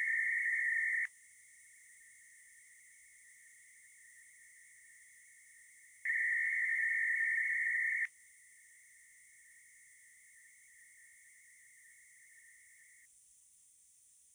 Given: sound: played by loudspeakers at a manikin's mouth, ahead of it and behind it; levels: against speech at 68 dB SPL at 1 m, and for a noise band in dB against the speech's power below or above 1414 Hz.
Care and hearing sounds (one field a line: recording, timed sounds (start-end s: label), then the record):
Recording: test signals for a remote microphone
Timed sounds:
0.00-1.05 s: noise band at 2000 Hz, +22 dB
1.05-6.05 s: noise band at 2000 Hz, -13 dB
6.05-8.05 s: noise band at 2000 Hz, +22 dB
8.05-13.05 s: noise band at 2000 Hz, -13 dB
From the record:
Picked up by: remote microphone C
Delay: 23 ms